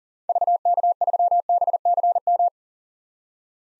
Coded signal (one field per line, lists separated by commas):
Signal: Morse code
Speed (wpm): 40 wpm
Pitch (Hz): 700 Hz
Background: none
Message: VK3BCM